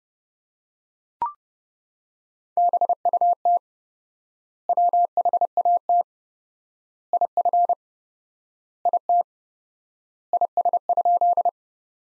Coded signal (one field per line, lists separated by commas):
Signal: Morse code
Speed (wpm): 32 wpm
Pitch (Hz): 700 Hz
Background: none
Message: BUT WHAT IF IT IS?